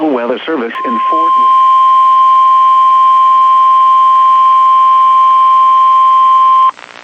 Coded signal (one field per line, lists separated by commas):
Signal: Emergency Alert System (SAME) tones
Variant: 1050 Hz attention tone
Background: speech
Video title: FREE APPLEBEES Part 1 EAS Alerts From 11-10-21 EAS #1-6